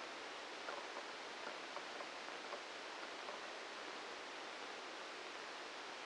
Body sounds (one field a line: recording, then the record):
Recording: brain microelectrode recording played as sound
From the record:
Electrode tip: outside the subthalamic nucleus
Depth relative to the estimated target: 2 mm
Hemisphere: left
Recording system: NeuroSet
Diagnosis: Parkinson's disease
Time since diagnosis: 10 years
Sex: male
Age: 56 years